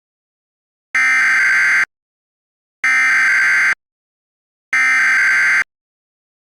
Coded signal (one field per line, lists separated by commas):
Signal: Emergency Alert System (SAME) tones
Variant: header bursts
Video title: EAS Scenario 8: Jax's Rampage